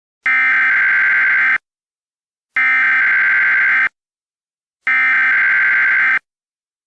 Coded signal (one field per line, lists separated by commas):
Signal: Emergency Alert System (SAME) tones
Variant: header bursts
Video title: EAS Scenario: Absolutely Radioactive Part 7